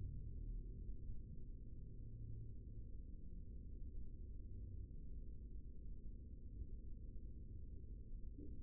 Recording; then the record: forearm muscle sounds (acoustic myography)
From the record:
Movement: rest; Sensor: system 3, bracelet of six PUI Audio POM-2738L microphones around the upper forearm, with dedicated amplification and filtering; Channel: 3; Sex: male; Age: 55 years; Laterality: right